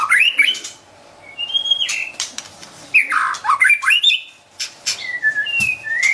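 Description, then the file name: White-rumped shama song: rising whistles, harsher scratchy notes and clicks, then clear level whistles toward the end. Wild bird from forest near Medan, singing actively (gacor). "suara burung murai batu hutan medan gacor"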